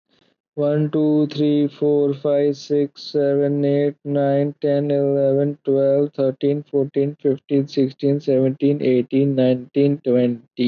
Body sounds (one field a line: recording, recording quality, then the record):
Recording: counting at a normal pace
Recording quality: excellent, no background noise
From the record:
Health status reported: COVID-19 positive, mild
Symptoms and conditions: none ticked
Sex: male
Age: 24 years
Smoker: not ticked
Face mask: not worn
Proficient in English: yes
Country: India